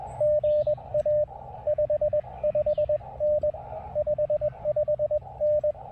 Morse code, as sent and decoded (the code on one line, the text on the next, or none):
--. .- / ..... ..... -. / ..... ..... -.
GA 55N 55N